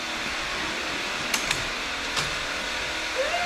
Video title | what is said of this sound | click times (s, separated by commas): Off grid HUGE pull out DRAWER / table for my CAMPER! | Yeah, it locks | 1.3 s, 1.5 s